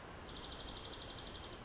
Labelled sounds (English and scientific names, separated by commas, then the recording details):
Dark-eyed Junco (Junco hyemalis)
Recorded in Sonoma County, California